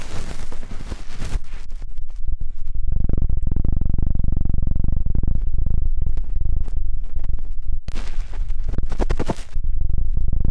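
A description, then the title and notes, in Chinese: Intense ear-cleaning sounds with a helicopter-like sweep passing through the head. A loud, steady low rumble runs throughout, swelling into a thick wavering whoosh around three to five seconds, while sharp crackly scraping bursts flare at the start and again near eight seconds. 3D颅内直升机 穿过大脑的强力掏耳。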